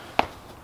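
A flat-head screwdriver pushes the rear retaining tab of a plastic side marker lamp housing on a Civic's fender, and a single short, sharp click sounds at 0.2 s against a quiet background. The housing unclips and pops out of the fender, released.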